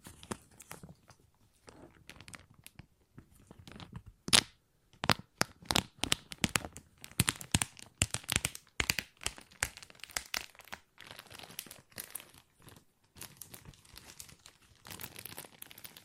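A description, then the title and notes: Plastic is crinkled and crumpled in irregular bursts of sharp, bright crackles, with dense clusters of snaps between about 5 and 11 seconds. A loud single crunch lands near 4 seconds, and softer, scattered rustling fills the quieter stretches, ending in a busier flurry. ASMR Plastic Crinkle No Talking.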